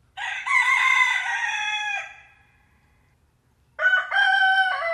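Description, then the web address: Chicken: rooster crow: one full drawn-out crow lasting nearly two seconds, a pause, then the start of another strong crow. "granja daniela private Rooster"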